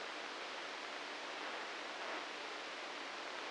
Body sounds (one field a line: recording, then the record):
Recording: brain microelectrode recording played as sound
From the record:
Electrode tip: inside the subthalamic nucleus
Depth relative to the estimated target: 1 mm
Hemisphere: right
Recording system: NeuroSet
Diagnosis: Parkinson's disease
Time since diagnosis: 9 years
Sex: male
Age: 61 years